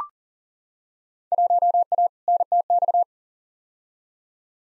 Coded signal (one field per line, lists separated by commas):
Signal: Morse code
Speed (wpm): 40 wpm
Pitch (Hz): 700 Hz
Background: none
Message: 1A NTX